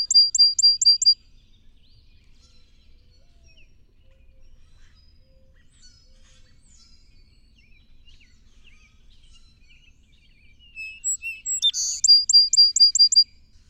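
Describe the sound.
Song sparrow singing: a quick series of high chips at the start, a long quiet gap, then a fuller song of notes, buzz and rapid repeated chips.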